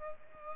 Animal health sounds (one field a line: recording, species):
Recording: mosquito wingbeat signal from an infrared sensor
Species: Culex pipiens